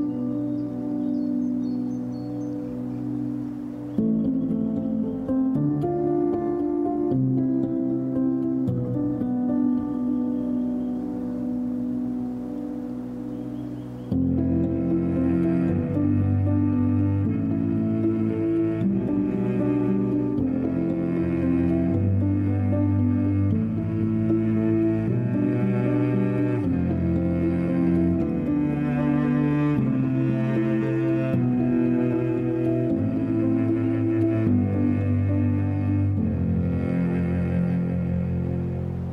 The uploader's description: string music set against a back drop of quiet wind and birds